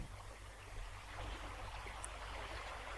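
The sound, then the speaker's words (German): A babbling brook burbles and splashes steadily for the whole stretch, a dense, even hiss of moving water with a faint low hum underneath and no voices. “Das Bächlein-Plätschern, ja. So schön.”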